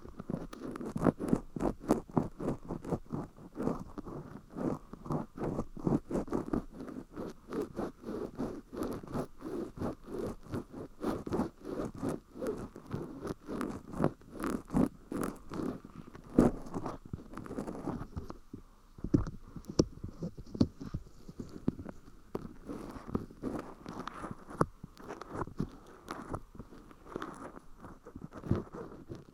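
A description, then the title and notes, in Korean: Ear cleaning with a metal ear pick: rapid scratching and scraping strokes that crackle and rustle almost without pause. The sound is dense and mostly mid-low with crisp edges, briefly thinning around 18 seconds before the busy scraping resumes. 쇠귀이개 귀청소. 인트로 수다 X.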